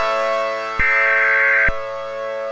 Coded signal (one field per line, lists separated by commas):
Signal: Emergency Alert System (SAME) tones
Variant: header bursts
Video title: EAS Scenario #5: Gamma Ray Burst